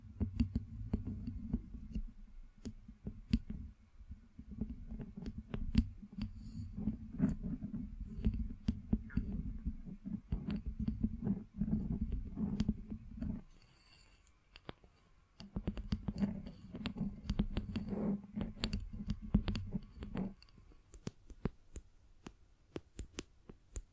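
Scratching and tapping with a low rumbling bed and frequent sharp clicks, pausing near fourteen seconds, then resuming before thinning to sparse taps.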